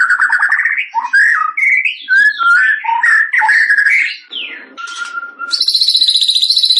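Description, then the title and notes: White-rumped shama song: rich whistled phrases with rapid swoops and slurred notes, a long flat whistle, then a high, fast trill. Masteran tutoring recording for songbirds; bird described as singing actively (gacor); said to be used by all champion birds. "Masteran Murai Yang Di Pakai Semua Burung Juara - Masteran murai Khusus Burung Juara. Murai Batu Gacor"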